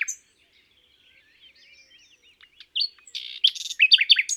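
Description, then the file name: Common nightingale song: soft scattered twittering notes, then loud phrases of rapid rising and falling chirps and buzzy bursts toward the end. "Rossignol philomele"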